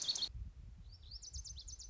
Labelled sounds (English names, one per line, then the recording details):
Lazuli Bunting
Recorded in Sonoma County, California